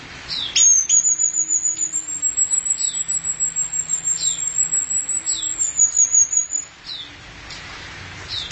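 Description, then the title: Thrush song featuring one long high rapid trill lasting about six seconds, with sharp downward-sliding notes around it. "burung anis x"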